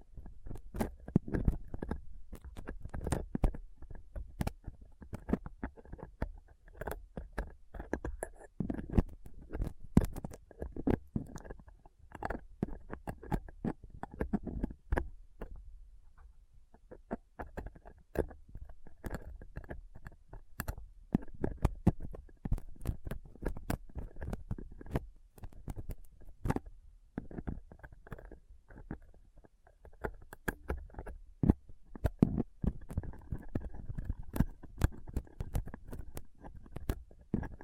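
Dense scratchy clicks and scrapes from a dental pick, tweezers and cotton swab poking a microphone, with a brief quieter pause around sixteen seconds.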